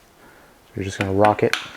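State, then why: Not seated. A gearbox cover half is being rocked by hand onto the motor gearbox case of an Acedeck NYX Z1 electric skateboard. After a quiet start, someone talks from about 0.8 s to the end. Nothing has seated or clicked into place yet.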